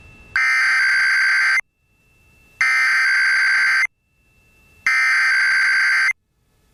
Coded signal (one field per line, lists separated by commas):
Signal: Emergency Alert System (SAME) tones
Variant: header bursts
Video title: [EAS #2183-2217] Compilation of Alerts from the week of 2/20/23